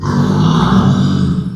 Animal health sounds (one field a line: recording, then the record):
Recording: squeal of a Yucatan mini pig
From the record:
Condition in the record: after surgery on the right vocal fold (resection and tissue-engineered implant)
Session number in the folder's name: 16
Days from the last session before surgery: 183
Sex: female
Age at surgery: 19 weeks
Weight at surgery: 25 kg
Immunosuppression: prednisolone